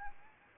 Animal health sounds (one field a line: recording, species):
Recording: mosquito wingbeat signal from an infrared sensor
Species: Anopheles arabiensis